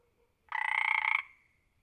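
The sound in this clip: Frog giving a single rapid pulsed croak lasting under a second, a quick rattling series of beats that fades out.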